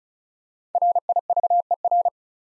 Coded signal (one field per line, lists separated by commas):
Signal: Morse code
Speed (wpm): 36 wpm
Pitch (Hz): 700 Hz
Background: none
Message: RIVER